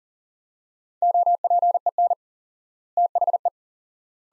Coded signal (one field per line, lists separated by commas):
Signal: Morse code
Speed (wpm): 40 wpm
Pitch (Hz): 700 Hz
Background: none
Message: OPEN THE